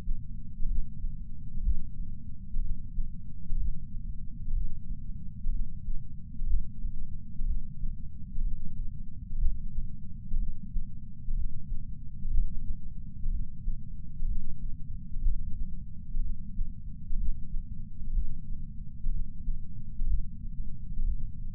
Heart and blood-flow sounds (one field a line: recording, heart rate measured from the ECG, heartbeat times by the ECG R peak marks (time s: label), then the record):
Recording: heart sounds by patch sensor on the chest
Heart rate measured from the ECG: 62 bpm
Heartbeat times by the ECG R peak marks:
0.66 s: heartbeat
1.61 s: heartbeat
2.59 s: heartbeat
3.56 s: heartbeat
4.52 s: heartbeat
5.49 s: heartbeat
6.45 s: heartbeat
7.45 s: heartbeat
8.41 s: heartbeat
9.37 s: heartbeat
10.37 s: heartbeat
11.34 s: heartbeat
12.29 s: heartbeat
13.29 s: heartbeat
14.25 s: heartbeat
15.21 s: heartbeat
16.20 s: heartbeat
17.16 s: heartbeat
18.12 s: heartbeat
19.09 s: heartbeat
20.06 s: heartbeat
21.03 s: heartbeat
From the record:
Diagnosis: coronary artery disease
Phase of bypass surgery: postoperative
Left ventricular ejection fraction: 68.2%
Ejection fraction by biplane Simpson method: 62.7%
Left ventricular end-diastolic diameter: 48 mm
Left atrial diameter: 40 mm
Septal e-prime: 8.6 cm/s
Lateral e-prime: 10.2 cm/s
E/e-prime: 10.9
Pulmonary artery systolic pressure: 38 mmHg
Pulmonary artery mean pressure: 18 mmHg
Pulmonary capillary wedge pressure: 11 mmHg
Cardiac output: 6.45 L/min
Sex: male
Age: 57 years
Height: 175 cm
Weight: 80 kg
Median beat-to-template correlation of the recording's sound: 0.76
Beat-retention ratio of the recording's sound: 0.99